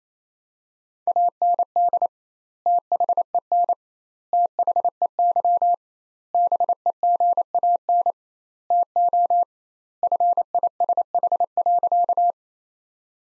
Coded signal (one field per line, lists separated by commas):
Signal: Morse code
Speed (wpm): 28 wpm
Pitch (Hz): 700 Hz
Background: none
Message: AND THEN THEY BEGAN TO FISH.